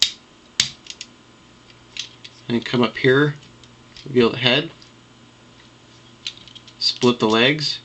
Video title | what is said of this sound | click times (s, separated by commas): PCC Crankcase w/Destrons | and bring it around till it clicks | 0.0 s, 0.6 s